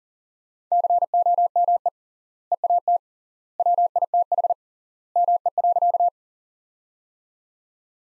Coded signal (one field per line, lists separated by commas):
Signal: Morse code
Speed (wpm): 40 wpm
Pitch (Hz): 700 Hz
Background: none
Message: COME EAT WITH ME.